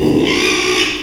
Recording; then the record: squeal of a Yucatan mini pig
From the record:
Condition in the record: after surgery on the right vocal fold (resection and tissue-engineered implant); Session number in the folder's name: 1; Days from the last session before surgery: 6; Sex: male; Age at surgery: 12 weeks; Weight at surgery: 13 kg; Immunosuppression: cyclosporine, prednisolone